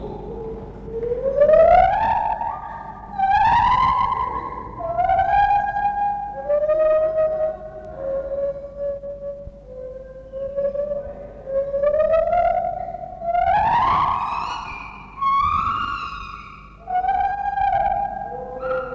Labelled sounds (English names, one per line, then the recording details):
Lar Gibbon
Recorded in captivity
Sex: pair
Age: adult
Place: Zoo Berlin, Berlin, DE
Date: 1960-11-05 12:00
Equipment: Minifon, Kopie Smaragd
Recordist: Tembrock, Günter